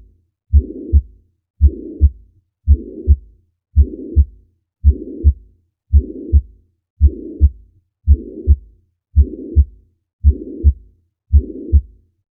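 Heart by stethoscope in an adult at about 56 beats per minute, regular rhythm. Mitral regurgitation: a pansystolic murmur filling systole between the first and second heart sounds, which radiates to the axilla.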